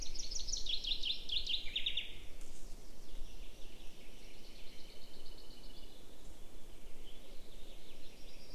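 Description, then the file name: Common chaffinch: finch song opening with a loud trilled phrase of repeated notes descending in the first two seconds, then fainter songs over constant low rumble. "Fringilla coelebs"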